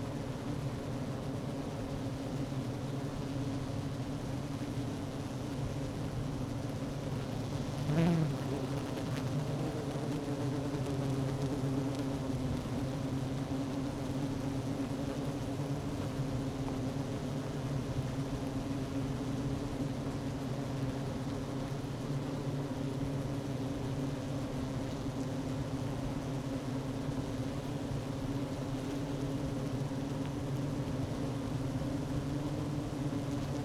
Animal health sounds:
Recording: honeybee colony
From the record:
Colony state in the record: active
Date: 12 June 2018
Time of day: 11:25

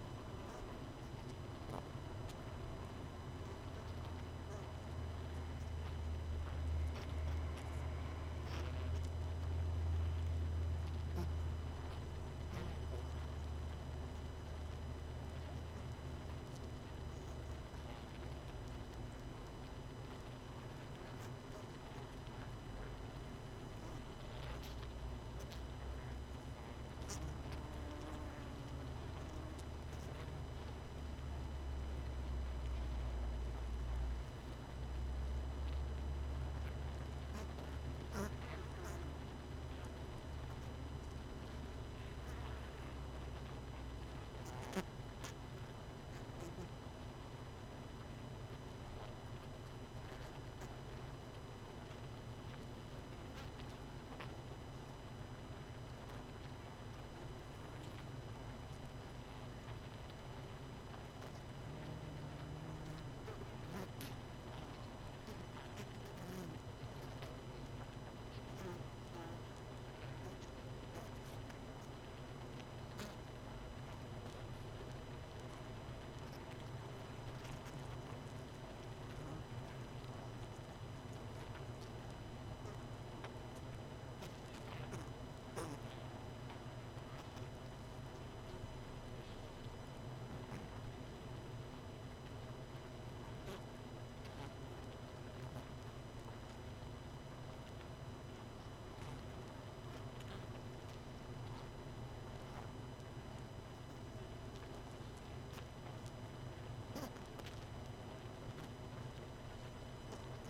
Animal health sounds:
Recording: honeybee colony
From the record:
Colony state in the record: missing queen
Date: 31 May 2018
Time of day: 21:25

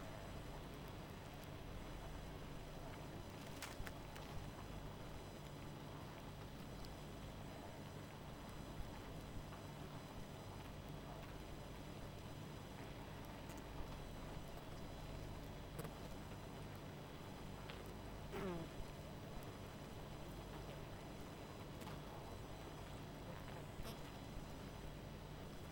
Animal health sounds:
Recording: honeybee colony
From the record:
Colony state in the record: missing queen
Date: 14 July 2017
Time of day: 19:38

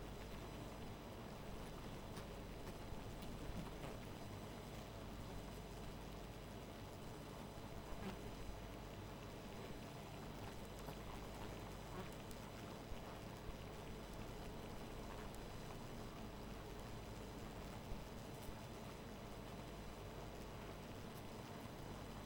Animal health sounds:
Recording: honeybee colony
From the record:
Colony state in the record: missing queen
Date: 14 July 2017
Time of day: 0:14

